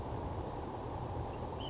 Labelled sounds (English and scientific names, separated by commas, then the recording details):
Ash-throated Flycatcher (Myiarchus cinerascens)
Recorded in Sonoma County, California